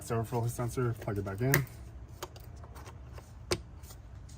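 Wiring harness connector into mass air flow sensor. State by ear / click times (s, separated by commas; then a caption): seated / 3.5 s. Someone talks, then a wiring harness connector is plugged back into the mass air flow sensor on a 2008-2013 Infiniti G37S coupe during an upper radiator hose replacement. A few faint ticks and rustles come from the connector, and a sharp click at 3.5 s shows it has seated.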